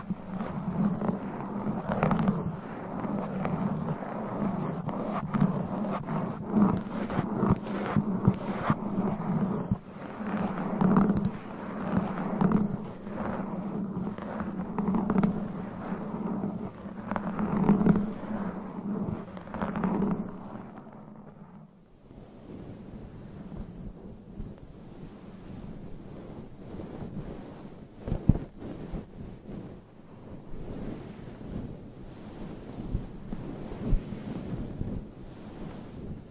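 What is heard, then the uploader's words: Scratching and scraping on a microphone, rough and dense, with a steady low drone and frequent sharp crackles for the first twenty seconds. Around twenty-one seconds the drone drops away, leaving sparser, quieter scratches and occasional louder taps, one sharp hit near twenty-eight seconds. ASMR Mic Scratching - Brain Scratching with Claws. No Talking.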